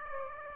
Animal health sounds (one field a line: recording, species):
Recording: mosquito wingbeat signal from an infrared sensor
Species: Aedes aegypti